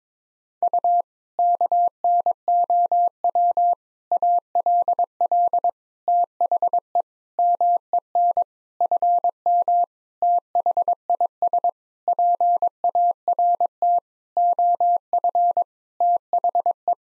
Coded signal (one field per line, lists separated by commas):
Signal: Morse code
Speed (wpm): 22 wpm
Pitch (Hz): 700 Hz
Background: none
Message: U KNOW ALL THE MEN FM THIS PART OF THE